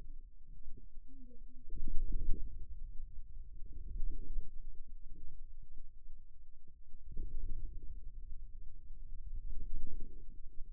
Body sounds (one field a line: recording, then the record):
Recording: forearm muscle sounds (acoustic myography)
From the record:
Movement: wrist extension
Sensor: system 2, bracelet of six BSWA MPA416 microphones around the upper forearm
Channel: 5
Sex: male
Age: 22 years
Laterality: right